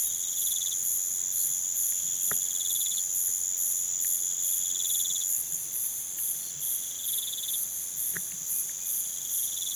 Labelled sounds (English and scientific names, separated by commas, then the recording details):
none
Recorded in pastures near Puerto Asís, Putumayo, Colombia, on 30 June 2025 at 04:30
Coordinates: 0.486, -76.323
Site H29